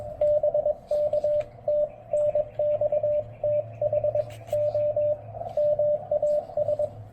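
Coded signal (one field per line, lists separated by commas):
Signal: Morse code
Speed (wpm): 19 wpm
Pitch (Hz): 590 Hz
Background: radio noise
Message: BK TNX THOMAS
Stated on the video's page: POTA park activation at Fort Dobbs with a Xiegu G106 QRP transceiver, MC-750 antenna, BCI filter kit, and battery power that ran down.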